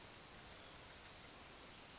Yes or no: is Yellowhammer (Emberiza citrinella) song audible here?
no